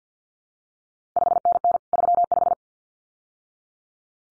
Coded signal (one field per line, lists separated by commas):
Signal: Morse code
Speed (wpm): 50 wpm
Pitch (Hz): 700 Hz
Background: none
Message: 5NN 35